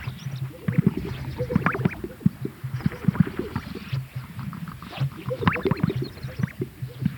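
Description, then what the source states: Greater sage-grouse display: low gurgling pops repeated by several birds, overlapping, with occasional higher clicks above. At a lek.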